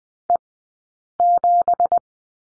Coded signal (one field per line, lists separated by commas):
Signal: Morse code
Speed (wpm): 20 wpm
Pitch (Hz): 700 Hz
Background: none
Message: E7